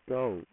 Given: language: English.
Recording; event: throat vibration sensor signal played as sound; speech